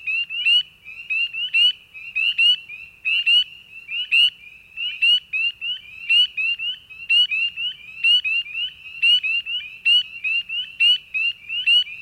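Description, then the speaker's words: Spring peeper giving high, piercing peeps, repeated steadily in a dense series. Tiny frog whose piercing bird-like peeps dominate wet areas during the spring months throughout much of eastern North America. "Let us begin with a tiny frog whose piercing bird-like peeps dominate wet areas during the spring months throughout much of the East, the spring peeper."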